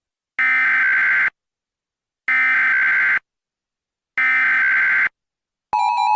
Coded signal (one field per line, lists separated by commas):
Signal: Emergency Alert System (SAME) tones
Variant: header bursts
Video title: “Yellowhammer’s Nightmare” EAS Scenario